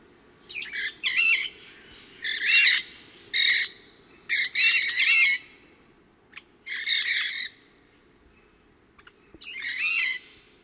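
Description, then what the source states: Pyrrhura parakeets giving separate short, harsh, screechy phrases spaced by silent gaps. Resident flock of about 8 birds moving high in trees, about 30 m away and 20-25 m up, within the station clearing, around 12:20 p.m., partly cloudy, hot (upper 80s, thermometer about 92).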